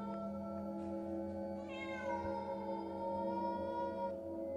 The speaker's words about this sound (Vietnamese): Cứ đi được một đoạn, con mèo lại ngẩng lên nhìn bà chăm chăm với ánh mắt xanh lè lè, kêu lên mấy tiếng.